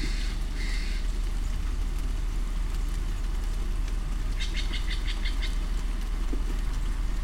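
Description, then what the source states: Steller's jay with a faint harsh note at the start, then a run of about six rasping notes, masked by a loud low rumble. Recorded on 30 September 2008.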